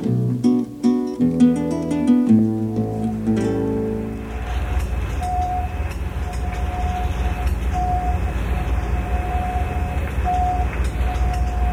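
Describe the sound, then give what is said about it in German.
The sonar of a large fishing cutter steaming west of Skagen in the North Sea sends short, mid-pitched electronic pings at spaced intervals over a constant low engine drone, after a brief stretch of music at the start. Its search beam circles, scanning the underwater world. “So klingt das Sonargerät eines Großkutters.”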